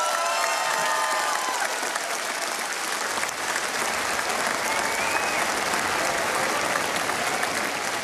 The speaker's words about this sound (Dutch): En voordat ik u het woord geef, zou ik heel graag een enorm applaus willen hebben voor al die mensen die daar aan mee hebben gewerkt. Geweldig!